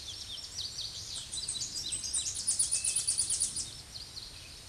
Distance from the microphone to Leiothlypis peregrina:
about 10 m